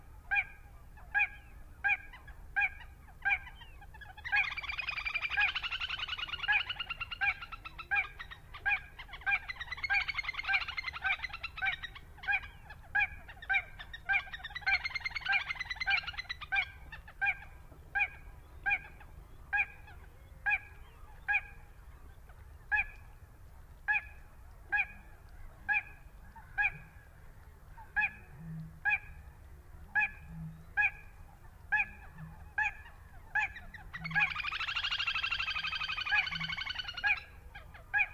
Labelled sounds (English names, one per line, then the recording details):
Little Crake
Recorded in the wild
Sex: male
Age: adult
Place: Kützerhof, Kummerower See, Mecklenburg-Vorpommern, DE
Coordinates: 53.855, 12.8867
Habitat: wetland
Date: 2011-04-19
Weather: clear, full moon, 10°C, weak northerly winds
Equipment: Sound Devices 702, Sennheiser MKH 70, Rycote Windschutz
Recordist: Frommolt, Karl-Heinz